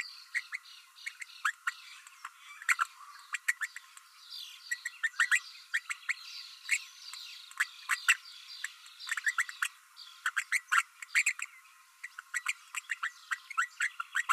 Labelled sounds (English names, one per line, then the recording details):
Green-rumped Parrotlet babbling
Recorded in a nest box in Venezuela
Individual 18B12A3